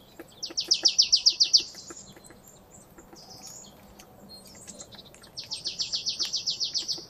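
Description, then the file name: Marsh tit, two rapid bursts of crisp, high, downslurred notes, the second after a few seconds of quiet chirps over light background hiss. "Poecile palustris"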